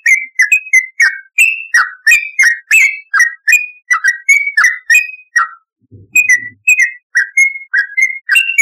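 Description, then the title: Yellow-vented bulbul delivering a steady run of chirpy, slurred whistles, about three a second, a brief break with a soft low thump, then the same notes resume. "Trucukan"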